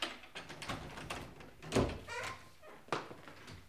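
A door is forced in by men pushing against it, with a heavy thunk in the middle, surrounded by scraping and rattling of wood and hardware, then a few softer knocks as it settles.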